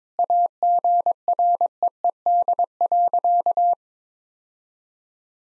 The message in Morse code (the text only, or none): AGREED.